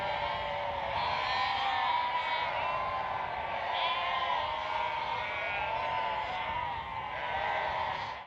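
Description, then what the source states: Sheep bleating as a dense flock chorus, many overlapping wavering bleats running continuously with no pause throughout. Sheep bleating at a prairie.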